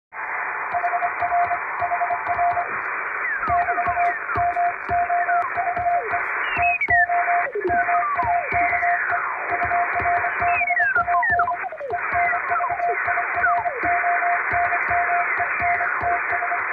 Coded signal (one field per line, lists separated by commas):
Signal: Morse code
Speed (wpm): 27 wpm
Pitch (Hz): 700 Hz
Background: music, radio noise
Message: HRHR <BT>MOVE TO MAKE URBAN ENVIRONMENTS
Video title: 【無線通信士】欧文ＣＷをエレキーＭＫ－７０６で叩いてみました。生身のモールス信号で受信練習をしてみませんか(training for radio operator)